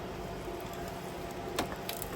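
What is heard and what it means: A retainer clip is pushed back onto the throttle cable at its bracket on a 2002 Toyota Tacoma. Against a steady low background hum, sharp snap clicks sound at 1.6 and 1.9 seconds, followed by a faint tick just after 2.0 seconds. The clip seats onto the throttle cable.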